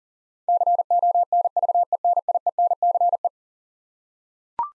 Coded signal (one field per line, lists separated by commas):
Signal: Morse code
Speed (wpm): 40 wpm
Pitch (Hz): 700 Hz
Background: none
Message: CONVENIENCE